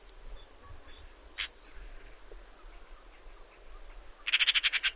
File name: Eurasian Magpie